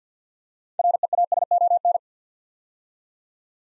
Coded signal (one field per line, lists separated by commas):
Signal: Morse code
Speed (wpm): 50 wpm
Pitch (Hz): 700 Hz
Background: none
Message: REASON